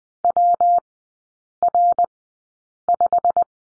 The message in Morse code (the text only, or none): WR5